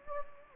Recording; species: mosquito wingbeat signal from an infrared sensor; Anopheles gambiae